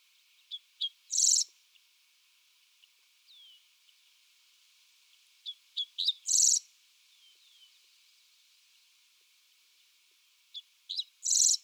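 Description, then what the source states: Dickcissel repeating its phrase three times, roughly every five seconds: brief high chips leading into a rasping buzz, with faint thin notes between phrases. Recorded 8 June 2021.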